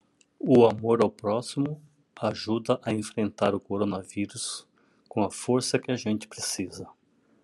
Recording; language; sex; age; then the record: spoken sentence; Brazilian Portuguese; male; 60 to 69 years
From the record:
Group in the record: control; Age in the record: 63 years